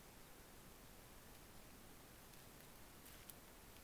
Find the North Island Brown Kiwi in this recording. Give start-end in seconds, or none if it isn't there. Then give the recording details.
none. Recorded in New Zealand on 12 February 2013. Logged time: 22:59. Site DH65